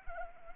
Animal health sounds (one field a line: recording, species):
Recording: mosquito wingbeat signal from an infrared sensor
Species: Anopheles arabiensis